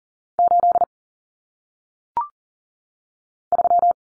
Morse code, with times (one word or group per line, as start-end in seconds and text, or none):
0.4-0.8 8
3.5-3.9 3